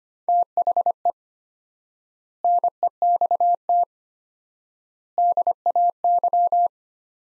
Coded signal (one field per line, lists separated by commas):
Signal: Morse code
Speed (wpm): 25 wpm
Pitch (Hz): 700 Hz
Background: none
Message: THE NEXT DAY